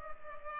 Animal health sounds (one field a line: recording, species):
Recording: mosquito wingbeat signal from an infrared sensor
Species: Culex pipiens